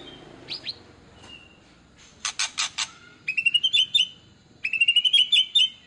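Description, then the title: White-rumped shama song: two quick runs of bright, high whistled notes, each run about a second long, after a few sharp clicks and faint whistles. Actively singing (gacor) white-rumped shama used as a lure to make other birds respond at once. "PANCINGAN MURAI BATU GACOR, SEKALI DENGAR LANGSUNG RESPON"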